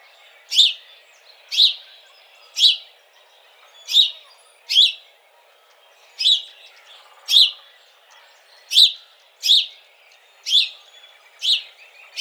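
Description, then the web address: House sparrow chirping: bright, sharp single chirps repeated roughly once a second, about a dozen in a steady series with little else audible. Recorded 17 March 2007. "House Sparrow 2007 03 17"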